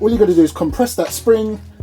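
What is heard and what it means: A man talks while handling the folding stock of a Vorsk VMP-1 / VMP-1x airsoft gas blowback submachine gun replica, compressing its spring to bring the stock toward the receiver lock. Only a faint tap is heard near the end, and nothing has seated or clicked yet.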